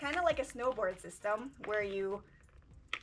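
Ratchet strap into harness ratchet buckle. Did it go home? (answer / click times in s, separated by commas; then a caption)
yes / 2.9 s. Someone talks as a ratchet strap is inserted into the ratchet buckle of a harness, like a snowboard binding. A single sharp click is heard at 2.9 s as the strap engages and seats, tightening the harness.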